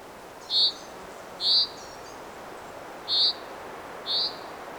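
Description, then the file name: Common chaffinch calls: four short, bright, high notes at uneven gaps, over a soft background hiss. "Fringilla coelebs"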